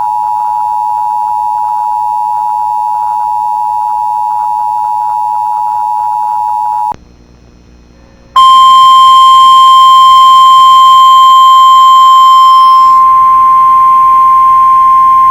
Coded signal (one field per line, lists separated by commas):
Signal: Emergency Alert System (SAME) tones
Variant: 853 and 960 Hz attention tone